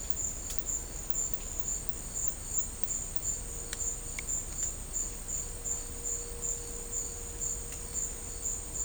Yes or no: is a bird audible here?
no